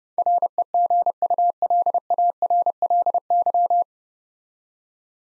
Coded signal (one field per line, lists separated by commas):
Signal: Morse code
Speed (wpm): 28 wpm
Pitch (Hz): 700 Hz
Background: none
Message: REGULARLY